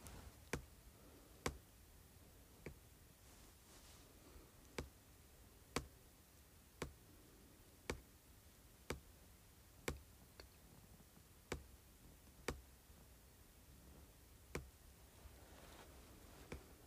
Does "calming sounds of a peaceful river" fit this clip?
no